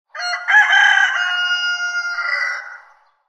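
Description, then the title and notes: Chicken: a rooster crowing, a single loud, harsh crow that rises at the start, then holds and trails off. Rooster crowing in the morning. "The post Rooster Morning Call appeared first on Orange Free Sounds"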